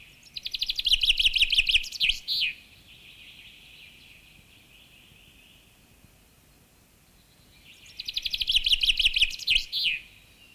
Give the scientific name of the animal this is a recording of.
Fringilla coelebs